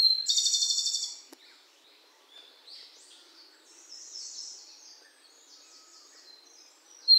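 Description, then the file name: Izu robin opening with a fast, high, rattling trill of about a second, followed by faint high chirps and warbled notes in the background. Recorded on Miyake Island on 16 May 2016. "tanekoma miyake kuroda"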